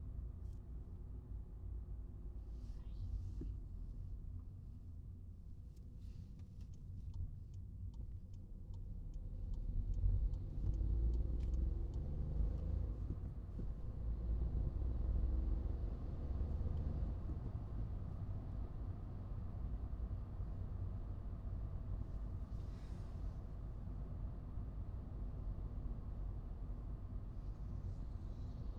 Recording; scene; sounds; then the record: everyday scene through a hearing-aid microphone; in a vehicle; engine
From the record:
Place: Skoda Fabia, gasoline engine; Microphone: in the ear canal, right